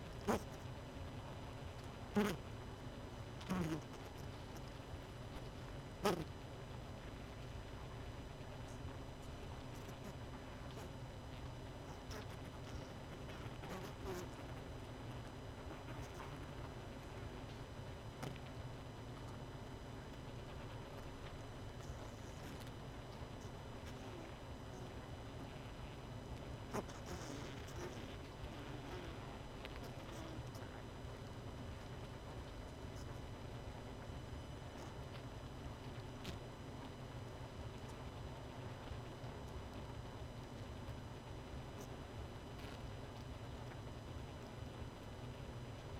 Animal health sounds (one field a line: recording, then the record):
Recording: honeybee colony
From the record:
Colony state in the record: missing queen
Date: 31 May 2018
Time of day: 20:02